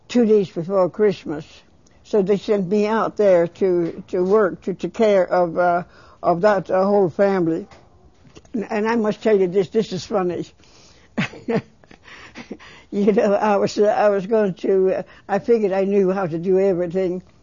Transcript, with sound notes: two days before Christmas, so they sent me out there to work, to take care of that whole family. And I must tell you this. This is funny. (She laughs.) I was going to, I figured I knew how to do everything,